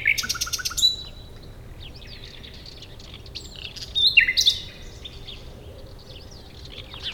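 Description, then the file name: Common nightingale song, broken, with a rapid burst of notes at the start and a rattling phrase midway, separated by quiet gaps. "Luscinia megarhynchos"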